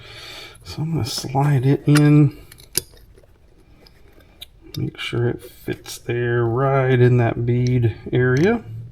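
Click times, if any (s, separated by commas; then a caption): none. A part of a WPRHJY RC crawler wheel is slid into the bead area of the tire during assembly, on its way to the wheel's center ring, while someone talks. Between the speech come a few faint handling taps, the sharpest near 2.8 s and 4.4 s. Nothing has seated or clicked into the center ring yet.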